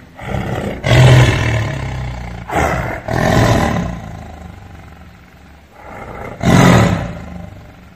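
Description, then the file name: Tiger's deep, resonant roars, three main bursts with heavy low-pitched energy and softer grumbling in between. "Tieng ho gam"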